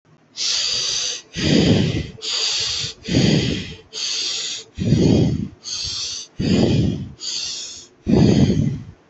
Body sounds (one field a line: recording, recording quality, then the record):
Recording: deep breathing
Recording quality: moderate, slight background noise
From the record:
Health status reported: exposed to COVID-19, no respiratory illness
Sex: female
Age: 24 years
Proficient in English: yes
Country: India